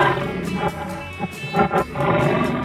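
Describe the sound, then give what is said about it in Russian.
A tiger snarls at spectators in a string of harsh, rumbling growls, several short gravelly bursts rising and falling over a few seconds, loud and raspy with no voices present. “Вон он, тигр. Огрызается на нас, зрителей.”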